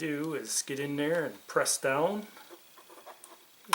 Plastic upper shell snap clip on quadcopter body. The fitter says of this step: we just heard it pop.